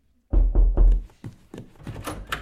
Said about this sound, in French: C'est les mêmes bruits de porte partout